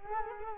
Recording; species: mosquito wingbeat signal from an infrared sensor; Culex quinquefasciatus